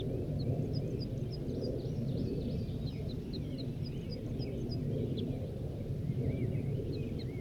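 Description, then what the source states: Crossbill notes: short, sharp whistled notes repeated in quick succession, with curved chirps in between, over steady low rumbling background noise. Wild male at Poverty Hollow around 8 a.m. on June 1, 1983, during capture.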